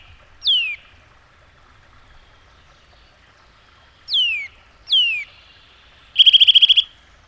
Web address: Madardalok Csuszka